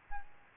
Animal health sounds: mosquito wingbeat signal from an infrared sensor; Aedes albopictus

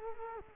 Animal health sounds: mosquito wingbeat signal from an infrared sensor; Culex quinquefasciatus

